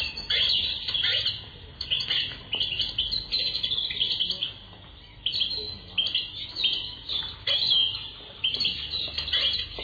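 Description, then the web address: Garden birds calling and singing, a busy mix of high chirps and short squawky notes in bursts, with steady low background noise. Assorted birds in a garden. "Sound Effects Special FX 2. Assorted Birds in Garden"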